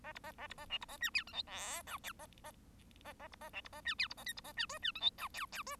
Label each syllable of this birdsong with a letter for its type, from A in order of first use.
A B A A B A C B A D E F G H I J A A A A B A C B A D E B A K B A D L D F G I J J L